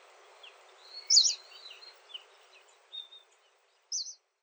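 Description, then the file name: Pallas's reed bunting calls: a few high, clipped notes, with fainter thin chirps between. Recorded at Yoshigai, Nagasaki, on 6 November 2019. "shibariajurin 191106 nagasaki yoshigai"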